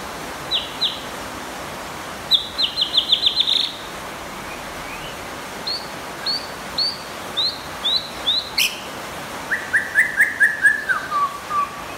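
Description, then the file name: White-rumped shama song of a rapid trilled burst and spaced high upslurred whistles, ending in a descending run of lower repeated notes over steady background hiss. Champion bird from a singing contest. "suara murai batu juara lomba"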